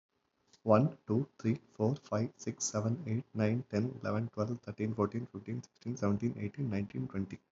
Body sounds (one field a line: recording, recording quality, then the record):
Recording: counting at a fast pace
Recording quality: excellent, no background noise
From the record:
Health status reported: healthy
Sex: male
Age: 30 years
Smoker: yes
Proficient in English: yes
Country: India